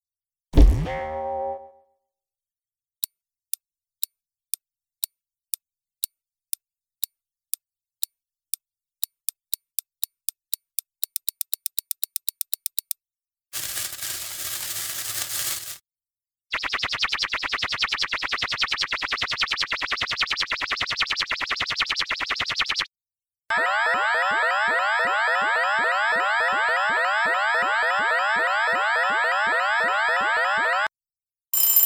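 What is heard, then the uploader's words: A string of game sound effects. A quick pitch-dropping swoop opens, followed by sharp clicks that speed up into a rapid ticking run, then a short rough noise burst, a steady buzzy drone, and a bright warbling, fluttering tone that repeats quickly before cutting off. Fruit hoops - Sound fx (vertical scrolling game).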